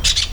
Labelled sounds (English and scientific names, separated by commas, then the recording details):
Brown-throated Parakeet (Eupsittula pertinax) contact call
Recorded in Venezuela
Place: PN Cerro Saroche, Tierras del Sr. Polo, Edo. Lara
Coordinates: 10.171, -69.518